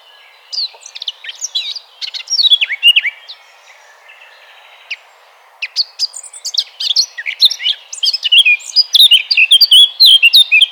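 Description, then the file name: Eurasian blackcap song: two bursts of fast, varied warbling separated by a pause, the second longer and growing louder, still going at the end. "Sylvia atricapilla"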